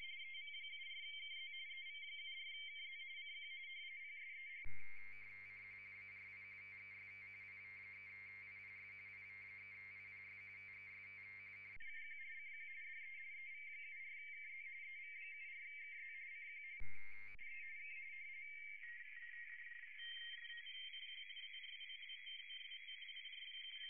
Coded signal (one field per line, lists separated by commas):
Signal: RTTY